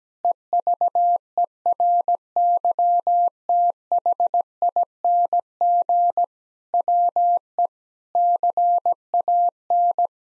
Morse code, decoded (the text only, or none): EVERYTHING WE CAN